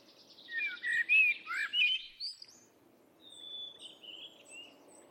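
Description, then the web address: Bird singing a quick warbled phrase of slurred whistles and chirps, followed after a pause by faint, thin, high drawn-out whistles. "Bird Only Tu Me Tu Me 2"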